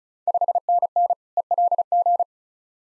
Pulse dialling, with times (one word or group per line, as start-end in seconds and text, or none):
none